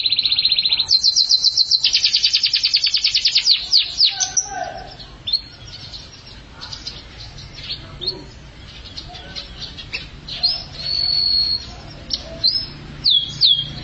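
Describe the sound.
Atlantic canary song, opening with a rapid buzzy trill of repeated notes, then varied high chirps and a sustained whistle, over background noise.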